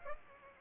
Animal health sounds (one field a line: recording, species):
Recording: mosquito wingbeat signal from an infrared sensor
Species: Aedes aegypti